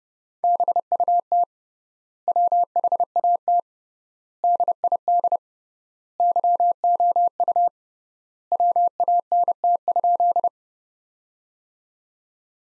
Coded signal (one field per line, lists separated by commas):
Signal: Morse code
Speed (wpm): 30 wpm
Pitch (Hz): 700 Hz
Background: none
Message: BUT WHAT DID YOU WANT?